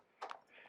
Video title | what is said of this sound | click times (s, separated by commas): Triumph Street Scrambler Custom Seat from JP Vintage / Omega Racer Review | and easy it locks in place so | 0.2 s, 0.3 s